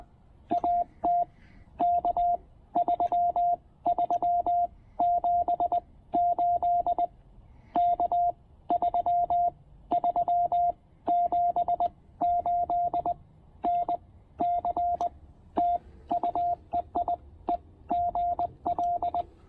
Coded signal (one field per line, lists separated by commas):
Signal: Morse code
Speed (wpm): 20 wpm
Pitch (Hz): 700 Hz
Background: radio noise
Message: AT K3378 K3378 NC TU EI E GL